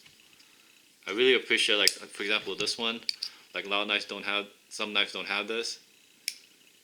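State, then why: Seated. Someone talks from about 1.1 to 5.7 seconds while holding a Camillus folding pocket knife. The blade is opened, and a single sharp click is heard at 6.3 s as it passes the ball detent, which keeps the blade from shaking out. The blade then locks open in its handle.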